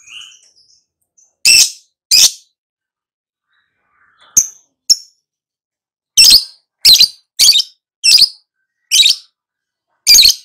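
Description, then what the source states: Lovebird calls: a few faint notes, then two harsh screeches, two quick chips, and a run of six shrill shrieks. Prompting recording meant to get a lovebird to answer and sing loudly and continuously.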